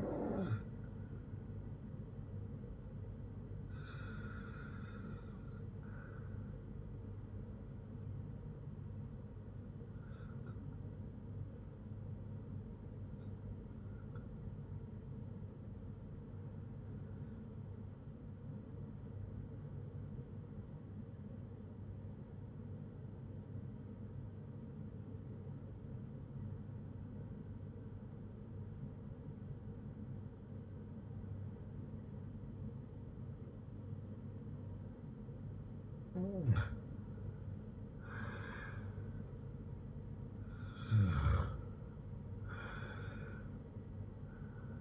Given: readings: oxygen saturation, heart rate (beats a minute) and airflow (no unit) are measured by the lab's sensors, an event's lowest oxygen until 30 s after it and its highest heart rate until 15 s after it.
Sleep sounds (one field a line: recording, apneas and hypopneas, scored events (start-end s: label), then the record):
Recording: breathing in sleep by a smartphone at the bedside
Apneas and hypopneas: 1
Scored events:
15.00-44.81 s: new sleep stage, REM sleep
25.00-37.50 s: obstructive apnea (REM, oxygen 94% highest, then 90% lowest, heart rate 58 at the start, 71 highest)
From the record:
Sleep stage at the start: N2 (light sleep)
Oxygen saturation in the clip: 87 to 94%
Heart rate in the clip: 56 to 63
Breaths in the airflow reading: 6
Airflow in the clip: -8.9 to 6.1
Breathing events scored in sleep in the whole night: 182 in 7.4 hours asleep